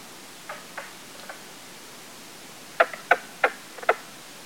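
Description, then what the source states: Mink frog calls, hollow wooden knocking notes: a soft series, then four louder knocks about three per second. Three frogs calling at 2:09 AM, 8 August 2011, in light misty rain at Lean-To #12, South Branch Pond, Baxter State Park; iPhone built-in mic, gain added.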